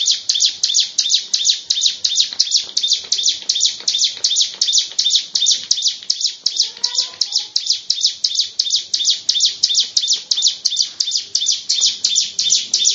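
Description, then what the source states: Lovebird ngekek song, a long unbroken run of fast, shrill, high chattering notes, about three per second, steady throughout. Long "ngekek" song style.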